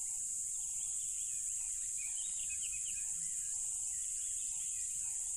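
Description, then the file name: Cricket chorus as a shrill continuous buzz, with bright bird chirps and short, lower pulsed calls repeating. Loud crickets beside a tropical river. "smartsound ATMO NATURE Tropical River Loud Crickets"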